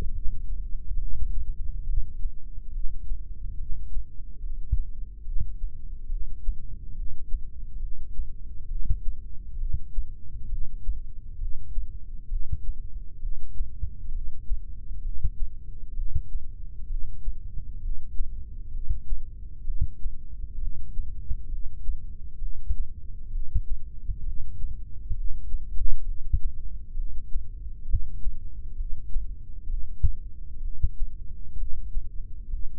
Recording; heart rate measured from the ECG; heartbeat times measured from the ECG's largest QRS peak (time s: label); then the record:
heart sounds by microphone in the left ear; 67 bpm
0.15 s: heartbeat
1.01 s: heartbeat
1.88 s: heartbeat
2.74 s: heartbeat
3.60 s: heartbeat
4.43 s: heartbeat
5.27 s: heartbeat
6.11 s: heartbeat
6.97 s: heartbeat
7.82 s: heartbeat
8.71 s: heartbeat
9.60 s: heartbeat
10.51 s: heartbeat
11.41 s: heartbeat
12.31 s: heartbeat
13.22 s: heartbeat
14.14 s: heartbeat
15.04 s: heartbeat
15.97 s: heartbeat
16.90 s: heartbeat
17.83 s: heartbeat
18.74 s: heartbeat
19.67 s: heartbeat
20.61 s: heartbeat
21.51 s: heartbeat
22.41 s: heartbeat
23.33 s: heartbeat
24.26 s: heartbeat
25.16 s: heartbeat
26.06 s: heartbeat
26.97 s: heartbeat
27.88 s: heartbeat
28.78 s: heartbeat
29.69 s: heartbeat
30.63 s: heartbeat
31.59 s: heartbeat
32.51 s: heartbeat
From the record:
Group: heart failure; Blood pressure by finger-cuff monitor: 128/89 mmHg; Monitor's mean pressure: 104 mmHg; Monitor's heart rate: 66 bpm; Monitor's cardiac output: 6.2 L/min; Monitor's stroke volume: 94 mL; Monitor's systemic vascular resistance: 1240 dyn s/cm5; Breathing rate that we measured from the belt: 17 breaths a minute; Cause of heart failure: idiopathic cardiomyopathy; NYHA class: 1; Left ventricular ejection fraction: 50%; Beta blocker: bisoprolol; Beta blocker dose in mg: 5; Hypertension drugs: candesartan, spironolactone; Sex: male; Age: 54 years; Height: 180 cm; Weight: 94.6 kg